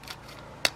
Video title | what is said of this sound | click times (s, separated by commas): Fix Sticky Buttons On Glorious Model i + How To Disassemble Guide ! | and kind of work it around here. So make sure it all snaps in. | 0.7 s